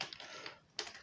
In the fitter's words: looks like it's got a real good seat pretty to make it click into place pretty cool